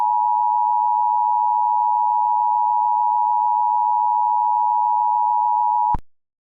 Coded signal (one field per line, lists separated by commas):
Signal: Emergency Alert System (SAME) tones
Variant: 853 and 960 Hz attention tone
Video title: EAS Scenario | Minions Invasion (#104)